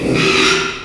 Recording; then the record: squeal of a Yucatan mini pig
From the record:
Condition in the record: after surgery on the right vocal fold (resection and tissue-engineered implant); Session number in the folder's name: 1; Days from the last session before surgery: 6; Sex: male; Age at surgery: 12 weeks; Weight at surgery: 13 kg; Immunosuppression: cyclosporine, prednisolone